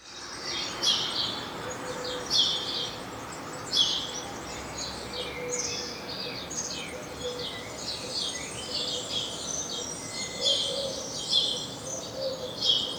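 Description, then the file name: House sparrow chirping, many short sharp chirps overlapping in a busy chatter throughout, over a constant background rumble. "Passer domesticus"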